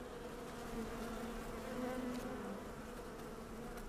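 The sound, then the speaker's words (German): A steady, low droning buzz of honeybees at a beekeeper's bee box on a terrace hums continuously for about four seconds, the pitch wavering slightly as wingbeats rise and fall, with no voices. “Brumm, brumm, das ist die Honig- und Bienenausgabe von Eine Stunde Netzbasteln”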